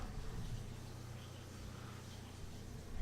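A new filter bag is handled and lined up with the bag holder in the dust compartment of a Miele C1 canister vacuum before its tabs are snapped in. Low, steady background noise fills the clip, with a brief, sharp sound right at the end around 3.0 s. Nothing has seated or clicked yet.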